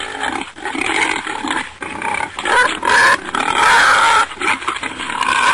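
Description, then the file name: Wild boar giving harsh squeals and growling grunts, nearly continuous with a few brief dips. Mixed wild boar sounds. "Karisik Sesler Yaban Domuzu Sesi"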